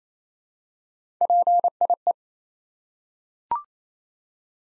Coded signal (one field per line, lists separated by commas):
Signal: Morse code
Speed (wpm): 29 wpm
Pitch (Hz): 700 Hz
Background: none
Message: PIE